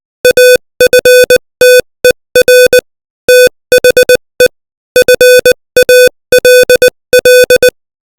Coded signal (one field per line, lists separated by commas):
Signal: Morse code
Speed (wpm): 20 wpm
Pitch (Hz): 500 Hz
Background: music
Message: AFTER THE FALL